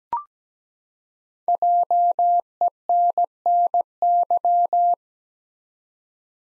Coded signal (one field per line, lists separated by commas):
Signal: Morse code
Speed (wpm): 17 wpm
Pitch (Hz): 700 Hz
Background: none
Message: JENNY